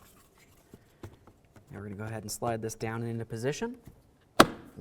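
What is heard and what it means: A door trim panel on a 2000–2005 Buick LeSabre, removed to replace the front window regulator, is slid down into position on the door while someone talks. At 4.4 s it locks into place with a single sharp snap, and the panel is seated.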